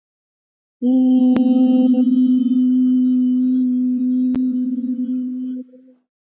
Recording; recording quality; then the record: sustained vowel as in beet; excellent, no background noise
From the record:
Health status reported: healthy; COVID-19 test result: negative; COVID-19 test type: RT-PCR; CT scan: not taken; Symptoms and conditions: none ticked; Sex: female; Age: 21 years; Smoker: no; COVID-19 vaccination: both doses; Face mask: not worn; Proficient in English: yes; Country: India